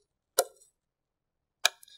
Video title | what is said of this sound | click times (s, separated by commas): Dell Precision R7920 Workstation Memory Overview & Upgrade - How to Install Memory - Supported DIMMs | and those two clicks you see the white tab has hooked | 0.4 s, 1.7 s